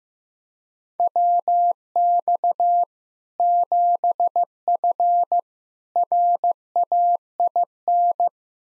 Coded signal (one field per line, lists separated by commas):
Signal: Morse code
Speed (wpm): 16 wpm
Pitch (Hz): 700 Hz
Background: none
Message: WX 7F RAIN